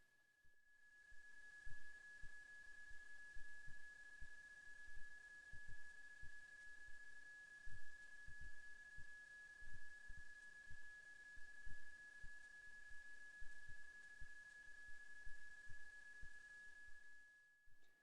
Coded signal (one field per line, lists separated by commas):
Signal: PSK31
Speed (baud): 31.25 baud